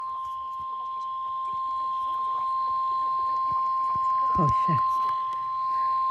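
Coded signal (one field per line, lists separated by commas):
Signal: Emergency Alert System (SAME) tones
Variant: 1050 Hz attention tone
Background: speech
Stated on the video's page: Real Severe Thunderstorm Warning on a NOAA Weather Radio station.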